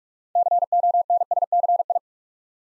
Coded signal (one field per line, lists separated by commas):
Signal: Morse code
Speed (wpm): 44 wpm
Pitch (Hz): 700 Hz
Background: none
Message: CONSCI